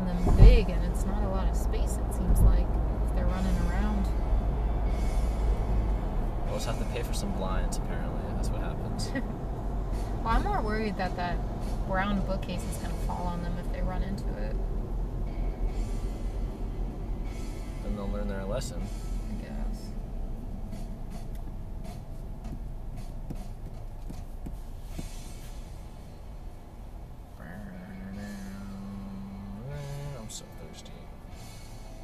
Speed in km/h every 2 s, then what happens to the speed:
81, 81, 82, 77, 71, 61, 53, 42, 34, 24, 16, 8, 5, 3, 3, 0.
0-5 steady at about 81. 5-28 slows to 3. 28-32 standing.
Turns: none.